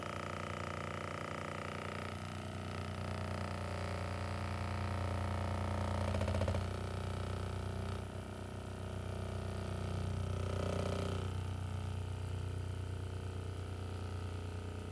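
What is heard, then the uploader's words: An electric massager runs throughout with a steady, deep motor hum and a whine of several fixed tones above it. The pitch shifts slightly near 2 seconds, and brief rougher buzzing surges come around 6 and 11 seconds as it presses against the body. Spa full body massage with massager.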